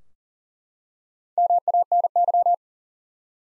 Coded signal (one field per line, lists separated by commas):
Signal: Morse code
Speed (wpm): 37 wpm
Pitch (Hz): 700 Hz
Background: none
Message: MANY